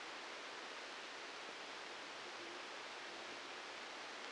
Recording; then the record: brain microelectrode recording played as sound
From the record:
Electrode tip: outside the subthalamic nucleus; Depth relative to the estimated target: 5 mm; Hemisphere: right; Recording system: NeuroSet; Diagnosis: Parkinson's disease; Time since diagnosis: 10 years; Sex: male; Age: 56 years